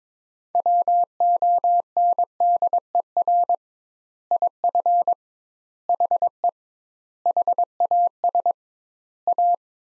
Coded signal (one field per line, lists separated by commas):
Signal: Morse code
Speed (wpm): 22 wpm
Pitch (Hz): 700 Hz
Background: none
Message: WONDER IF HE HAS A